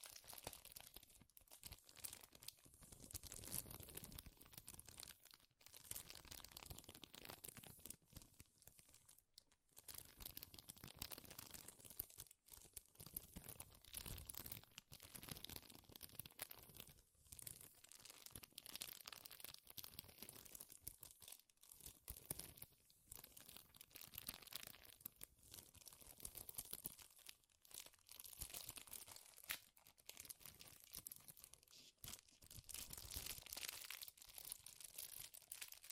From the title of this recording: Powerful Crinkles